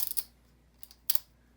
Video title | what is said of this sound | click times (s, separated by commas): Rubik's Twist Or Snake Puzzle - How to Make a Cross (Beginner, Simple Step-by-Step Tutorial) | kind of just snaps into place it's it's a time-saver | 1.1 s